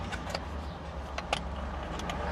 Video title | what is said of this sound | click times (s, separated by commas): How to Install AutoMeter AutoMeter Single & Dual A/C Vent Gauge Mounts for a 1979-1981 Chevy Camaro | You heard that snap? That was that snapping into place. | 1.3 s